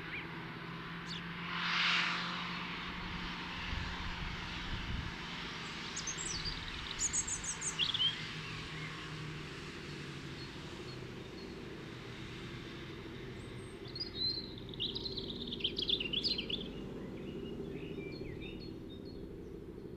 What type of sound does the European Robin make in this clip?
song